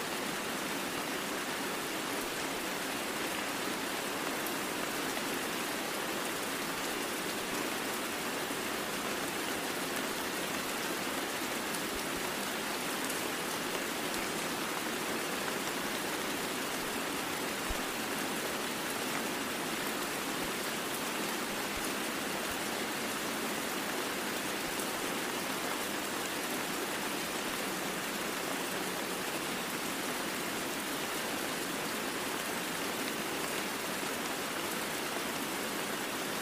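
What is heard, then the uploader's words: Steady rain falls in the woods, a dense, even hiss that holds without change for the whole stretch. The sound sits bright, with little low rumble beneath it and only a few faint isolated drips standing out. Rain Sounds In The Woods White Noise.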